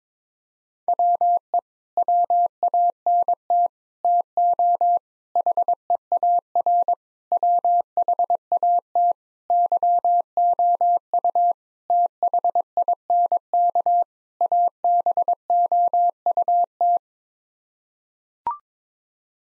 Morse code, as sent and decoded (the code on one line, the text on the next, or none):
.-- . / .-- .- -. - / - --- / .... . .- .-. / .-- .... .- - / -.-- --- ..- / - .... .. -. -.- / .- -... --- ..- -
WE WANT TO HEAR WHAT YOU THINK ABOUT